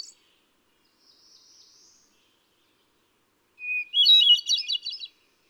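Hermit thrush sings one phrase, a steady whistled note followed by a rapid swirl of ethereal higher notes.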